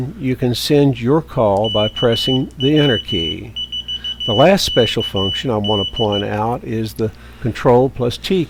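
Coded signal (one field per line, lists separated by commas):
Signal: Morse code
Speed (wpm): 15 wpm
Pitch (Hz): 2950 Hz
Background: speech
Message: KW4KD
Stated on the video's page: Morse generated by a Bluetooth CW keyboard built on an STM32F411 microcontroller.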